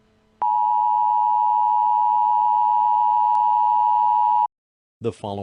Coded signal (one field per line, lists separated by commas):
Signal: Emergency Alert System (SAME) tones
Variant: 853 and 960 Hz attention tone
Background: speech